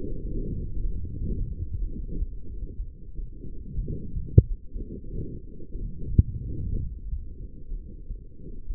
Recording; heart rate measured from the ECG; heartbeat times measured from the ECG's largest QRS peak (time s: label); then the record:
heart sounds by stethoscope; 61 bpm
0.81 s: heartbeat
1.78 s: heartbeat
2.77 s: heartbeat
3.75 s: heartbeat
4.72 s: heartbeat
5.72 s: heartbeat
6.70 s: heartbeat
7.68 s: heartbeat
8.67 s: heartbeat
From the record:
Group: heart failure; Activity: light exercise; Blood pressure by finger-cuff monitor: 79/63 mmHg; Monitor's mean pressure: 72 mmHg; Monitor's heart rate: 63 bpm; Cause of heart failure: non-ischemic cardiomyopathy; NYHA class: 1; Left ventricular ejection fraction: 52%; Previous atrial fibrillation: present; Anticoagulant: apixaban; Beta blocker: bisoprolol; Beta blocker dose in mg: 10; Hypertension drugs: sacubitril-valsartan, spironolactone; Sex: female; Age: 68 years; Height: 169 cm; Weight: 71 kg